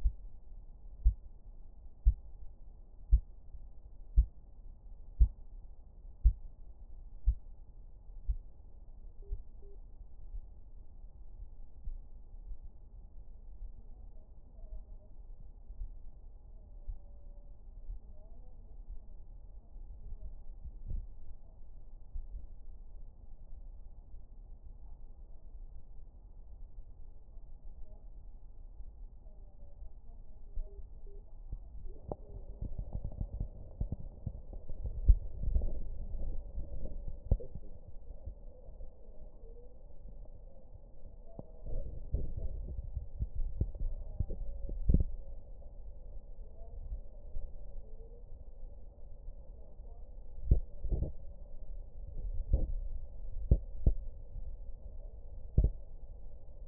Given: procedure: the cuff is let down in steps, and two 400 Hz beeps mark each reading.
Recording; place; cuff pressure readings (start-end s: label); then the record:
Korotkoff sounds by stethoscope; brachial artery, at the lower edge of an arm cuff
9.22-9.75 s: 80 mmHg
30.67-31.19 s: 75 mmHg
From the record:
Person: healthy adult, 24 to 32 years, lying on the back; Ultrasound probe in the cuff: distal